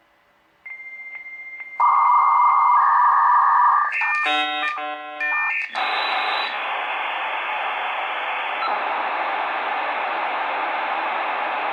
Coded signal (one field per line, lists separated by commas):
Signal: dial-up modem handshake